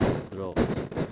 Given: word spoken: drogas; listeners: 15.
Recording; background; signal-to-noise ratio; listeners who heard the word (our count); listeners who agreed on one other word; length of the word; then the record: one Spanish word in noise, from a listening test; noise modulated by one talker; -9.2 dB; 2 of 15; 7 of 15; 0.72 s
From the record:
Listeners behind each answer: 7, 4, 2, 1, 1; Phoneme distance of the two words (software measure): 7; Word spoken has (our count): 2 syllables, 6 phonemes, stress on syllable 1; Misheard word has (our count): 2 syllables, 5 phonemes, stress on syllable 1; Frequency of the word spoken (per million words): 47.54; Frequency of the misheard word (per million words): 34.89